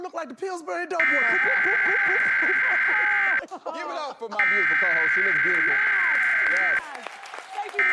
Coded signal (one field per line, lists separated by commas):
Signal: Emergency Alert System (SAME) tones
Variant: header bursts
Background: speech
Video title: January 2022 DC-Metro Required Monthly Test Day - EAS 84-88